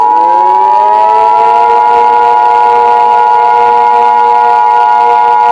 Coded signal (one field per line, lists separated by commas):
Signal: Emergency Alert System (SAME) tones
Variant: 853 and 960 Hz attention tone